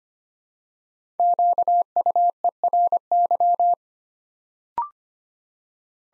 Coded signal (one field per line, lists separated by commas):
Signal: Morse code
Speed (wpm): 25 wpm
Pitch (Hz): 700 Hz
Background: none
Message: QUERY